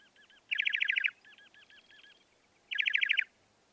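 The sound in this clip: Northern mockingbird song: two bursts of rapid buzzy repeated notes, separated by softer repeated hooked notes, over faint background hiss.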